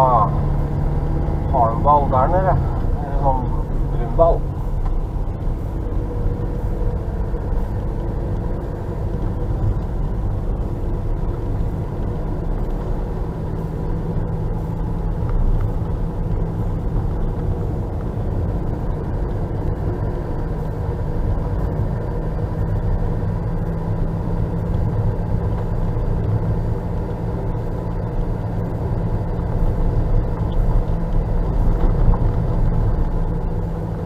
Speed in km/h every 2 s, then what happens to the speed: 38, 36, 38, 38, 38, 39, 42, 43, 41, 42, 40, 43, 45, 45, 45, 43, 42.
3-13 speeds up to 43. 13-34 steady at about 43.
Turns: none.